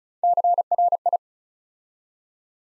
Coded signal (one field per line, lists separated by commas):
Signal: Morse code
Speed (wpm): 36 wpm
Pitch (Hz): 700 Hz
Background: none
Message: CRI